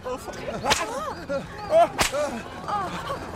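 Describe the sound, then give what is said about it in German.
Two sharp whip cracks split the air about a second apart, each a sudden bright snap, as a man furiously threatens an agitated mob with a whip taken from a nail on the wall; the crowd shouts and jeers underneath. “Voller Wut nimmt John die Peitsche vom Nagel an der Wand und droht der aufgewühlten Meute damit.”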